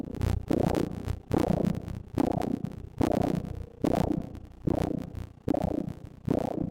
The first trimester of life and the heartbeat of a baby in the womb.